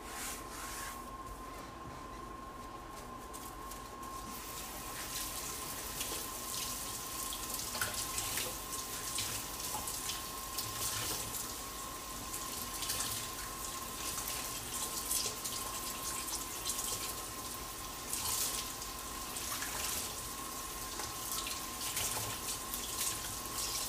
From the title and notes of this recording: ASMR Washing and Drying Large Bowl.